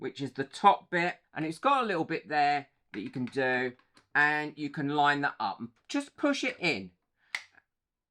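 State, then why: Seated. Someone talks while the top die of a badge-making press is lined up with its guide and pushed into the press frame. A sharp click at 7.4 s, followed by a faint tick, marks the die seating into place.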